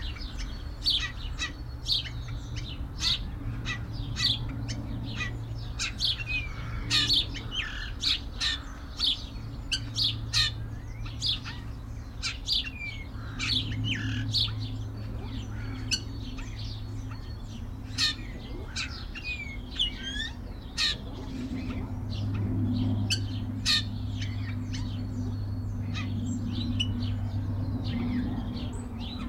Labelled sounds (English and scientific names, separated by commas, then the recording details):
Yellow-billed Grosbeak (Eophona migratoria)
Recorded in captivity
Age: adult
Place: Tierpark Berlin, Berlin, DE
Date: 1993-03-13 11:42
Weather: 5-12°C, heiter
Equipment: Marantz CP 430, Sennheiser ME 80, Kopie Uher Variocord 263
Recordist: Tembrock, Günter